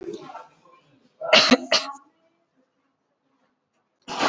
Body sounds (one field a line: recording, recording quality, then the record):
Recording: heavy voluntary cough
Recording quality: excellent, no background noise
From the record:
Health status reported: exposed to COVID-19, no respiratory illness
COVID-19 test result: negative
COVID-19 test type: RT-PCR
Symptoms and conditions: cold, fever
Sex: female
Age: 24 years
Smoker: no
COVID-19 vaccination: one dose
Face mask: worn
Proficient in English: yes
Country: India